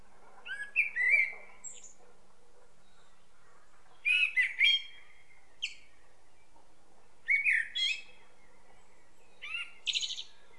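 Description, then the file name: Common blackbird delivering four separate song phrases about every three seconds, each a low whistled warble closing with scratchy high-pitched squeaks. "Turdus merula"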